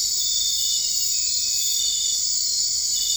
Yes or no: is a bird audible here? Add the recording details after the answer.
no. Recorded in dense forest near Puerto Asís, Putumayo, Colombia, on 21 March 2025 at 00:30. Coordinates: 0.485, -76.318. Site G056